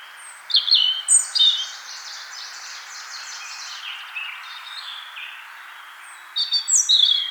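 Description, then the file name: European robin singing high, tinkling phrases of quick notes, with a softer rambling passage in between and a brighter, stronger phrase at the close. "Erithacus rubecula"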